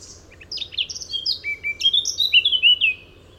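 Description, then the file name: Eurasian blackcap song phrase: scratchy, fast twittering that builds into clear, loud fluting notes before stopping, with a soft low hum underneath. "Sylvia atricapilla"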